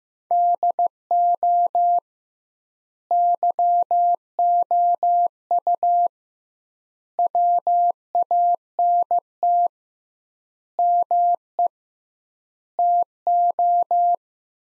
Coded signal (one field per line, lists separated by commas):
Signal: Morse code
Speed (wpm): 16 wpm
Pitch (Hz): 700 Hz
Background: none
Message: DO YOU WANT ME TO